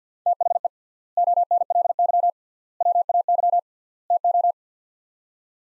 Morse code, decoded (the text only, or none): THE ONLY WAY TO